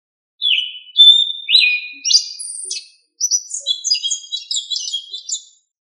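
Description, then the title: Thrush singing clear whistled notes that step upward, followed by a quicker run of high, varied twittering notes. "Familia Turdidae - Sabia"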